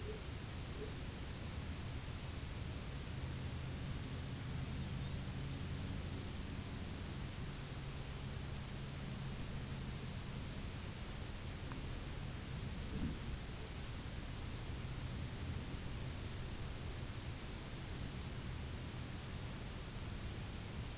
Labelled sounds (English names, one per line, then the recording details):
none
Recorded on Arctic tundra, site UTQI-0, on 11 June 2019
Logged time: 04:00